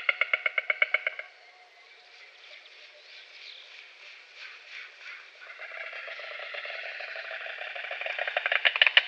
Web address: Schulze Peter White Stork billclattering